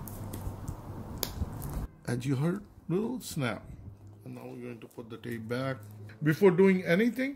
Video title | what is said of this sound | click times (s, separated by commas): How To Replace Broken Laptop Screen For Cheap | going to push the connector in and you heard little snap | 1.2 s